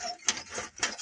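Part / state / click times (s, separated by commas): car door latch on a car door frame / not seated / none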